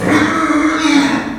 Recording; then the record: squeal of a Yucatan mini pig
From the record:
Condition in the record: after surgery on the right vocal fold (resection and tissue-engineered implant); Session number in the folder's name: 4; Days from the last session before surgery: 26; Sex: female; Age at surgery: 19 weeks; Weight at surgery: 25 kg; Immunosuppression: prednisolone